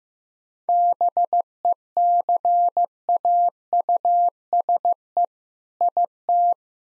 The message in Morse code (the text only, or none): BECAUSE IT